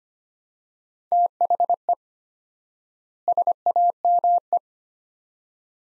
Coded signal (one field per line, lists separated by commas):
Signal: Morse code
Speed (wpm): 25 wpm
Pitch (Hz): 700 Hz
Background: none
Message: THE SAME